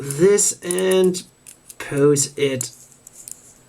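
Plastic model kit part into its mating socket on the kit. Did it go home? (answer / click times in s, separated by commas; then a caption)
no / none. Someone talks while folding and posing a 1/144 plastic HGUC V-Dash Gundam Hexa model kit, then pushes a plastic part toward its mating socket on the kit. After the talking stops, a few faint handling ticks are heard near the end. Nothing has seated or clicked into place yet.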